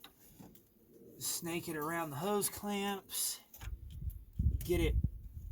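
A plastic engine wiring harness connector is handled during a 6.4L Powerstroke diesel engine wiring harness replacement, routed around the hose clamps toward its mating sensor/harness plug, which has a red locking tab. Someone talks over light handling noises and a few faint knocks. Nothing has seated or clicked yet.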